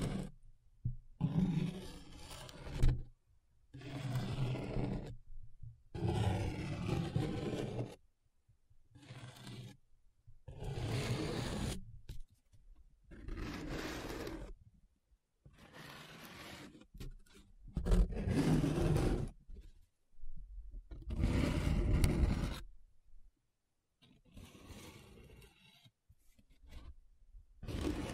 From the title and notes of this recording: ASMR 7 Different Paper Sounds Tracing, Scratching, Rubbing (No Talking).